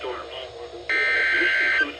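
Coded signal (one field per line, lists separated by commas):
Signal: Emergency Alert System (SAME) tones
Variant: header bursts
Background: speech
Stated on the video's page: Alerts received from NOAA Weather Radio stations and numerous FM and AM broadcast stations; some recordings are end-of-message tones only.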